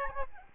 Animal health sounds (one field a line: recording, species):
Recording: mosquito wingbeat signal from an infrared sensor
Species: Aedes albopictus